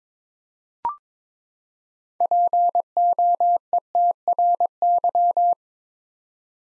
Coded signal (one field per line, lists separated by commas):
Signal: Morse code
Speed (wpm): 22 wpm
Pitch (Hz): 700 Hz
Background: none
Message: POETRY